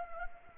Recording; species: mosquito wingbeat signal from an infrared sensor; Anopheles arabiensis